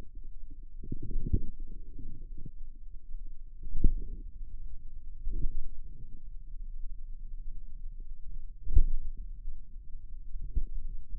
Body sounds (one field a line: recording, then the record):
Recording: forearm muscle sounds (acoustic myography)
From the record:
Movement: pen grasping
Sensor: system 2, bracelet of six BSWA MPA416 microphones around the upper forearm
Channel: 4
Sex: female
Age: 23 years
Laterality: right